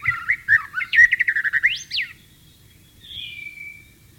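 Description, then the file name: White-rumped shama song: a fast run of rich, warbled whistles ending in a rising sweep, then a faint high whistle. Wild bird in its natural habitat. "suara burung murai batu di alam liar"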